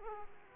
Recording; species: mosquito wingbeat signal from an infrared sensor; Aedes aegypti